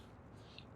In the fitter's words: And remember, you can hear that click and do that tug test.